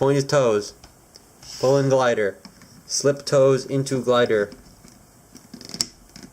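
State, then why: Seated. Someone talks while the toes of a plastic action figure are slipped into the foot slots on its plastic glider accessory. After the talking, a few faint ticks lead to a sharp snap at 5.8 s as the figure's feet click into the glider pegs and seat.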